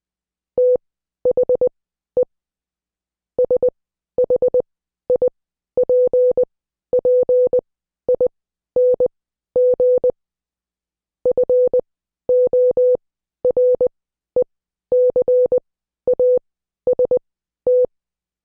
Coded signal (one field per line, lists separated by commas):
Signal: Morse code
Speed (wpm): 20 wpm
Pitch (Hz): 500 Hz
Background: none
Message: THE SHIPPING FORECAST